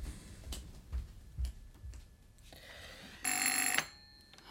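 A few soft thumps and rustles lead into a single short burst of a telephone bell, bright and metallic, ringing for under a second before falling quiet.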